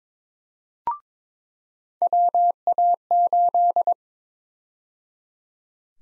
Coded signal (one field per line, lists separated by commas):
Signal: Morse code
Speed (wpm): 22 wpm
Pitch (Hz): 700 Hz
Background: none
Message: WA8